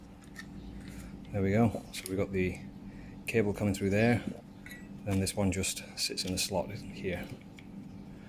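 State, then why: Not seated. During a fuel pump strainer swap on a Honda Africa Twin CRF1000L motorcycle, a fuel pump component is handled and positioned at its slot in the pump housing while someone talks. Light clinks and small handling sounds are heard under the speech. Nothing has seated or clicked yet.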